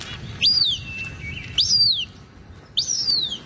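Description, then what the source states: Cooper's hawk begging calls: three sharp squealing whistles, each rising steeply then sliding down, spaced about 1.2 seconds apart. Played back from a phone app; young birds just out of the nest and learning to fly, very vocal, calling for food from their parents.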